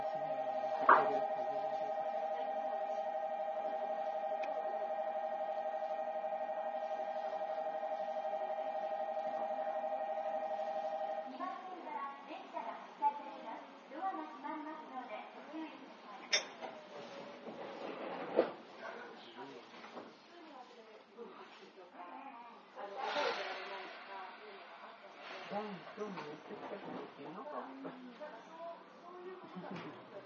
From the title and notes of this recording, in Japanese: 伊豆急8000系 伊豆急下田〜伊東。伊豆急行線の全区間の録音です。車体はオールステンレス製で、20ｍ4ドアと大型化し。